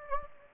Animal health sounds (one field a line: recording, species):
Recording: mosquito wingbeat signal from an infrared sensor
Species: Anopheles gambiae